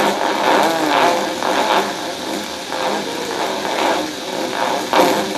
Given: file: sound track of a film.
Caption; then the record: Electromyogram of the cat while under sedation. The classic waxing and waning myotonic discharges can be seen and heard.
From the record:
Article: A novel mutation of the CLCN1 gene in a cat with myotonia congenita: Diagnosis and treatment